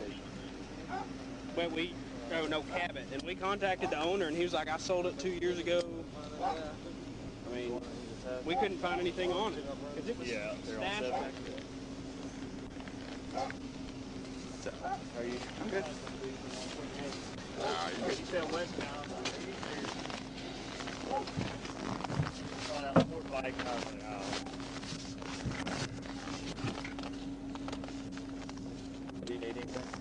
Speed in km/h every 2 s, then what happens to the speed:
0, 0, 0, 0, 0, 0, 0, 0, 0, 0, 0, 0, 0, 0, 0.
0-30 standing.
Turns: none.